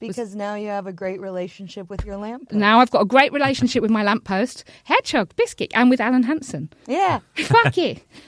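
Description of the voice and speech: A brief conversational exchange in which an adult's fluent speech is broken by unrelated words, 'hedgehog' and 'biscuit', and an abrupt swear word. These are involuntary vocal tics, typical of Tourette syndrome.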